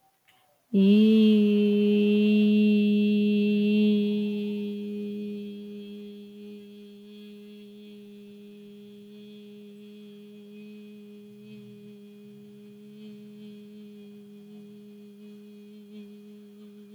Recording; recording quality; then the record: sustained vowel as in beet; excellent, no background noise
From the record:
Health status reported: recovered from COVID-19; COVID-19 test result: positive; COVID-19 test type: RT-PCR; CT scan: not taken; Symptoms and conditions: none ticked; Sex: female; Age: 24 years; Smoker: no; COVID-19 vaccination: none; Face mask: not worn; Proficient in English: no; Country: India